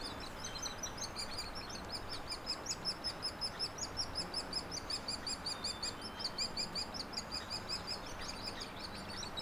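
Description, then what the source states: Hairy woodpecker calling: steady rapid series of high, slightly buzzy chirps, close to three each second, growing more regular midway, over soft low-frequency background noise. Nestlings and adults; no-name trail across from Frazer Point, Schoodic division, Acadia National Park; 26 June 2017, morning; Fostex FR2 with Sennheiser ME64; trimmed, leveled, high-pass filtered.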